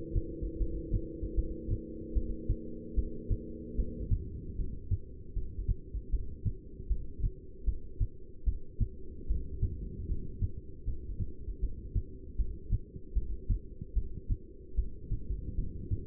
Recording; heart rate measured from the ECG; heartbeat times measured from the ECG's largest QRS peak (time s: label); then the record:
heart sounds by stethoscope; 76 bpm
0.59 s: heartbeat
1.36 s: heartbeat
2.14 s: heartbeat
2.95 s: heartbeat
3.76 s: heartbeat
4.57 s: heartbeat
5.34 s: heartbeat
6.11 s: heartbeat
6.88 s: heartbeat
7.65 s: heartbeat
8.45 s: heartbeat
9.28 s: heartbeat
10.08 s: heartbeat
10.85 s: heartbeat
11.61 s: heartbeat
12.37 s: heartbeat
13.14 s: heartbeat
13.94 s: heartbeat
14.76 s: heartbeat
15.56 s: heartbeat
From the record:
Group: heart failure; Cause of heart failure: non-ischemic cardiomyopathy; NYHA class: 1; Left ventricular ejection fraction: 62%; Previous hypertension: present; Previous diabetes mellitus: present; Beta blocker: bisoprolol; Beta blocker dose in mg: 10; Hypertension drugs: sacubitril-valsartan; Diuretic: furosemide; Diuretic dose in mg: 20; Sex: male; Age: 49 years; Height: 167 cm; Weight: 110 kg